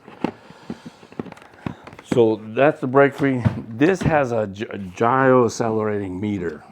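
A motorcycle brake light is tilted up to unlatch it from its adhesive mount, releasing with a sharp click at about 0.3 s. A few faint, quick taps follow between about 1.2 and 2.0 s, then someone talks for the rest of the clip.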